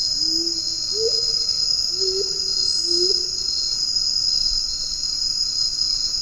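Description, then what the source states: Black-faced coucal calling with four deep hoots, some with a brief upward kick, then quiet, while insects buzz continuously at a high pitch. Recorded on Bohol, Philippines, on 10 March 2012.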